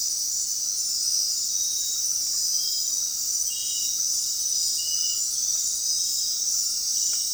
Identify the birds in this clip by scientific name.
none